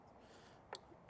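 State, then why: Seated. After a retry, the plastic number three tail light harness connector from a Morimoto XB tail light and backup light boost bar install is pushed into the reverse light plug and latches with a sharp click at 0.75 s. A fainter tick follows near 1.1 s, and the connector is seated.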